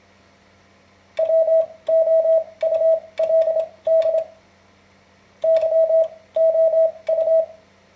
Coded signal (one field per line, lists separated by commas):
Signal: Morse code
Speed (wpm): 26 wpm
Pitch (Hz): 650 Hz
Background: radio noise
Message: WOULD YOU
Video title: Learning Morse Code - An Introduction